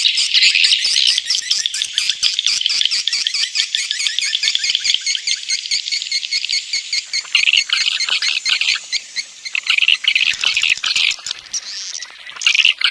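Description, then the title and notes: Swiftlets twittering in a continuous high, buzzy stream of rapid clicks and chirps, loud throughout and broken only by brief lulls near the end. Swiftlet sound used for swiftlet farming in Asia. "Swiflet Bird Sound. Farming Swiflet Bird asia sound"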